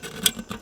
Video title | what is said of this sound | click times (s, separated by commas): Everything You Need and None of the BS - FireMaple Cooking Kit with Stove | those tabs lock into place | 0.3 s